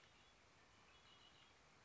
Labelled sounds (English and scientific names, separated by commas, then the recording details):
Red-winged Blackbird (Agelaius phoeniceus)
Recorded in Sonoma County, California